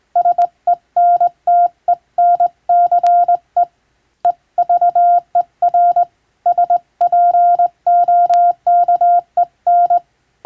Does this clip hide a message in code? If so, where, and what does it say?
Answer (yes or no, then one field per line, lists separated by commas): yes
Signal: Morse code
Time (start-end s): 0.2-10.0 s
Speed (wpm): 21 wpm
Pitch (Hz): 700 Hz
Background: none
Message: SENTENCE EVER SPOKEN